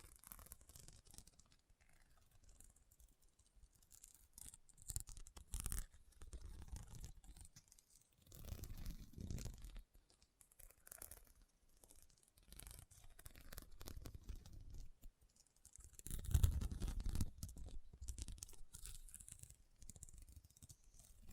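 Rhinestone tapping and scratching comes in uneven bursts, with dry scraping textures and quick clicks scattered throughout. Quieter gaps separate stronger passages around eight and eleven seconds, and the heaviest, fullest scratching arrives near sixteen to seventeen seconds.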